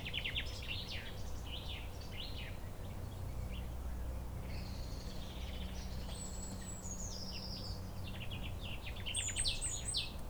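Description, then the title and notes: Common Chaffinch song with quick descending notes at the start, then high clear repeated notes from another bird, over a continuous low rumble. Singing beside a centuries-old lime tree, the oldest tree in Chindrieux, in a neighbourhood park in Chindrieux, France; a tit sings along with it. "Près du plus vieil arbre de Chindrieux un tilleul de plusieurs siècles , un pinson chante accompagné d'une mésange dans le parc du voisinage."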